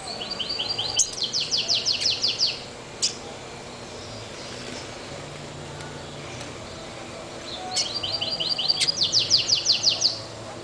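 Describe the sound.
Double-collared seedeater song: two bursts of fast, buzzy, high trilled notes separated by a long pause, over steady background hiss.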